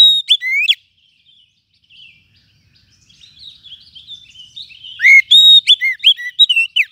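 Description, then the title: Lovebird calls: bursts of shrill, sharply rising and falling chirps at the start and again near the end, with softer twittering chatter in between. Lovebird call used as a lure. "PIKAT BURUNG LOVEBIRD"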